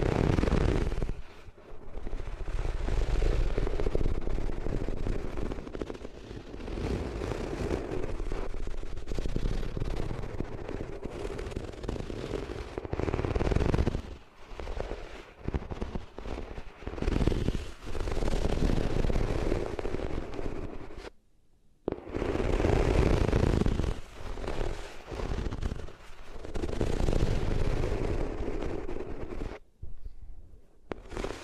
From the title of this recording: Rubbing Your Ears on Different Materials